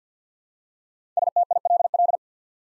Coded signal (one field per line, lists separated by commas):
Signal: Morse code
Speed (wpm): 51 wpm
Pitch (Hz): 700 Hz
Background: none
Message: STILL